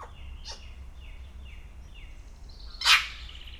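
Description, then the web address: Grey parrot giving a string of soft falling notes, then one loud harsh squawk near the end. Szeged Zoo, Hungary, 2011. "szegedizoo. jakopapagaj"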